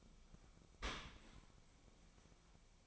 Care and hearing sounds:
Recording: daily activity, microphone in the room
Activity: open dishwasher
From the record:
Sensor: 1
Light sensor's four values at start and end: 20/48/20/24 and 20/49/21/25

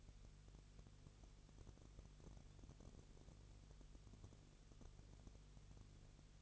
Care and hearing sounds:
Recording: daily activity, microphone in the room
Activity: no activity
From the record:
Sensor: 4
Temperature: 22.3 degrees Celsius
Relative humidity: 32.8%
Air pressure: 1002.0 hPa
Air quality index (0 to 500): 185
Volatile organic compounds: 4 ppm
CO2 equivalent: 1636 ppm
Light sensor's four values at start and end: 2/3/1/1 and 2/3/1/1

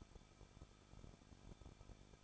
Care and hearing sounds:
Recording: daily activity, microphone in the room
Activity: no activity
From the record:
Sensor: 5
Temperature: 20.7 degrees Celsius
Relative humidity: 38.6%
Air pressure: 1006.4 hPa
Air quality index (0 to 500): 192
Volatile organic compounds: 21 ppm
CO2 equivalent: 2715 ppm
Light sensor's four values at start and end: 2/3/1/1 and 2/3/1/1

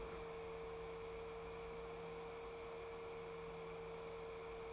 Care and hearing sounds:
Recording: daily activity, microphone in the room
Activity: open fridge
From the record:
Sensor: 1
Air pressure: 1015.0 hPa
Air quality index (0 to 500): 194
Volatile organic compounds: 22 ppm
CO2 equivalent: 2744 ppm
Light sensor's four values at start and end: 12/29/12/13 and 11/26/11/12

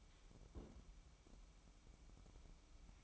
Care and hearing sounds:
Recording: daily activity, microphone in the room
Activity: place on stove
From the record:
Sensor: 1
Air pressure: 1008.2 hPa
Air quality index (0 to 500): 136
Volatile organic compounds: 2 ppm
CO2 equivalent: 1141 ppm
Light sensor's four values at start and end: 8/18/7/8 and 8/18/7/8

